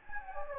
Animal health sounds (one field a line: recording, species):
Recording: mosquito wingbeat signal from an infrared sensor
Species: Anopheles gambiae